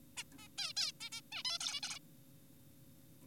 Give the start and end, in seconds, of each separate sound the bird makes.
0.17-0.23, 0.32-0.36, 0.39-0.48, 0.58-0.73, 0.77-0.91, 1.01-1.10, 1.12-1.21, 1.32-1.43, 1.45-1.58, 1.60-1.80, 1.83-1.99